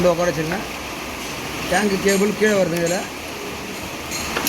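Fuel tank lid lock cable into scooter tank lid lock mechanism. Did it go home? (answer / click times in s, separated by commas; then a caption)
yes / 4.5 s. Someone talks over a steady background hum while routing the fuel tank lid lock cable down on a TVS Jupiter scooter and fitting its end into the tank lid lock mechanism. One short, sharp click is heard at 4.5 s as the cable end seats into place and locks.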